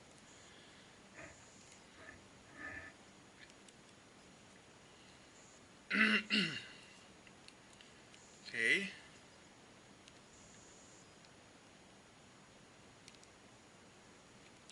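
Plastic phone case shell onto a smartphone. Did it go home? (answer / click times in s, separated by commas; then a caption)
no / none. Someone presses one piece of a two-piece rugged plastic and rubber Otterbox Defender case shell around an iPhone XR, and the piece is supposed to snap into place. Faint handling ticks and rubs are heard while someone talks, with the loudest speech around 6.0 to 6.6 s and 8.7 s. The shell has not snapped or clicked into place yet.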